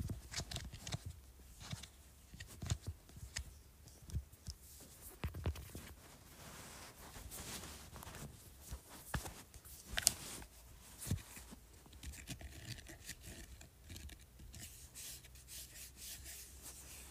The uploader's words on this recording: ASMR Scratching Speaker.